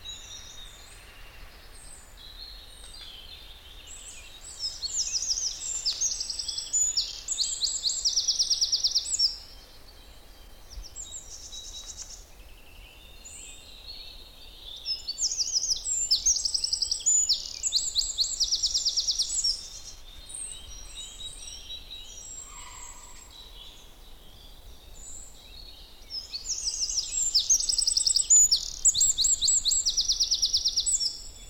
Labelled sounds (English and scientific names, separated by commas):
Eurasian Wren (Troglodytes troglodytes)